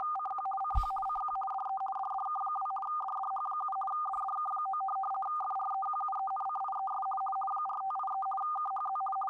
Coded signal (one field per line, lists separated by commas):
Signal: RTTY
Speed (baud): 50 baud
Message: CQ CQ CQ DE DDK2 DDH7 DDK9 FREQUENCIES 4583 KHZ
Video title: Scanning the airwaves with the SDR